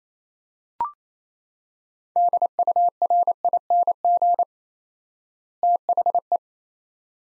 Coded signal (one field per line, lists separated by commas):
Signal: Morse code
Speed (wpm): 28 wpm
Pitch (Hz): 700 Hz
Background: none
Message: DURING THE